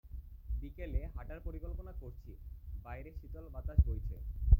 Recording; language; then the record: elicited speech; Bengali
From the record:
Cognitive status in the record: cognitively healthy